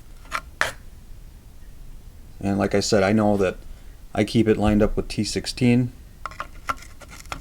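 The quick-detach lever of a metal BOBRO Engineering ACOG mount on an AR-15's Picatinny rail is opened to remove the optic from the rail, giving a sharp click at 0.6 s as the mount releases. Someone then talks, and a few more small clicks follow near the end.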